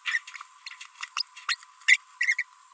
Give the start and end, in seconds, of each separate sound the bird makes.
0.06-0.18, 1.17-1.22, 1.49-1.55, 1.88-1.97, 2.21-2.34, 2.39-2.43